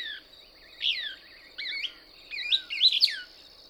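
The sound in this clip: Couch's Kingbird song: sharp twittering notes that swoop up and down, building into a louder burst of squeaky, rising-falling phrases near the end, over a steady high insect-like hum.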